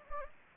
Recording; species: mosquito wingbeat signal from an infrared sensor; Anopheles gambiae